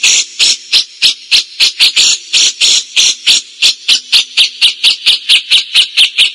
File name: celilin jenggot gereja